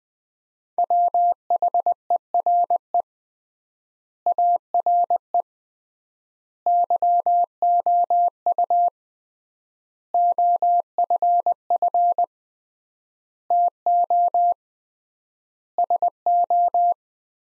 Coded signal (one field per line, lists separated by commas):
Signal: Morse code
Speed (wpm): 21 wpm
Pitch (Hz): 700 Hz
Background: none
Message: WHERE ARE YOU OFF TO SO